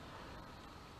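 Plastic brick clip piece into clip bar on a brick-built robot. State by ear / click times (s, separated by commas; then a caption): not seated / none. A plastic Lego clip piece on a brick-built Legoformer robot is pushed into a clip bar and resists. Only a steady, broadband hiss-like noise is heard at an even level, with no distinct click. Nothing has seated or clicked yet.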